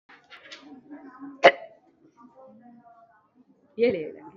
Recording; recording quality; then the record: heavy voluntary cough; poor, much background noise or distortion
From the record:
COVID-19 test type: RT-PCR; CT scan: not taken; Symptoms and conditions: cough, cold, loss of smell and taste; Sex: female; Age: 40 years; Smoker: no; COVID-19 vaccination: both doses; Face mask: worn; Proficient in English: yes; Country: India